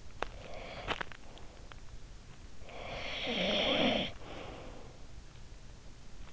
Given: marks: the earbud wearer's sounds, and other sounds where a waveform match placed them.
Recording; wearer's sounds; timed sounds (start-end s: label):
sounds in sleep by an in-ear microphone; breath, teeth grinding, snoring breath
0.00-1.29 s: breath
0.00-1.29 s: teeth grinding
2.45-5.16 s: snoring breath